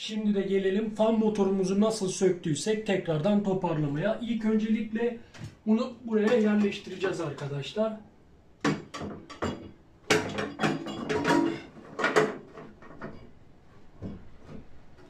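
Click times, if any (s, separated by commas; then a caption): none. Someone talks while a cleaned combi boiler fan motor is handled and put back toward its metal housing, with sharp knocks at about 8.7 s and 10.1 s and lighter taps at 12.0 s and 12.6 s. The motor has not seated or clicked into place yet by the end of the clip.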